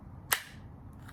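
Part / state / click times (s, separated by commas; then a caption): retention safety lock on a kydex knife sheath / released / 0.3 s. Someone pushes the retention safety on a kydex quick-deploy knife sheath to unlock it, giving one sharp click at 0.3 s, followed by a much fainter tick near 1.1 s. The safety clicks off and the sheath is released.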